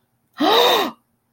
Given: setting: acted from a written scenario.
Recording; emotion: vocal sound without words; fear